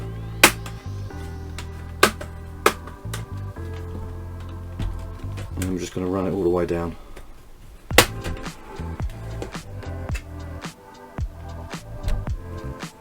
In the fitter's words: it should pop away like that